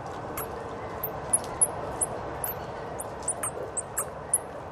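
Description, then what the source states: Mexican free-tailed bats giving sharp high squeaks and chirps, about a dozen irregular short calls over a constant rumble of traffic. Wild colony of 10,000 to 20,000 roosting under a road bridge about 20 miles south of Sacramento, California, with traffic passing overhead.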